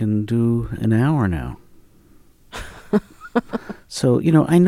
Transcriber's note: laughs